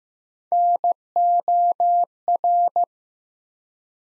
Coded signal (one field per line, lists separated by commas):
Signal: Morse code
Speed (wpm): 15 wpm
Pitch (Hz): 700 Hz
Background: none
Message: NOR